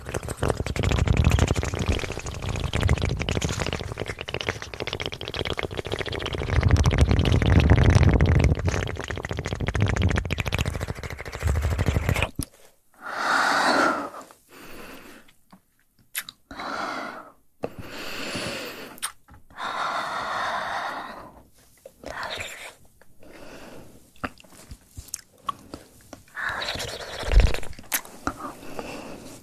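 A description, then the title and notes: Fast mouth sounds: dense wet crunching and chewing for twelve seconds, then quieter bursts of clicks and smacks separated by short silences. ASMR Fast Mouth Sounds.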